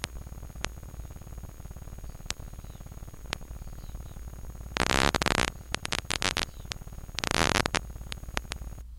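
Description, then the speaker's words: Harbour porpoise clicks made audible: scattered single ticks and two dense bursts of rapid clicks that crackle, over a constant low hum. Porpoises hunting; clicks come from the head and locate fish by their echoes; recording processed so the clicks can be heard; they sound like a crackle. "Och så här låter det då när tumlare jagar."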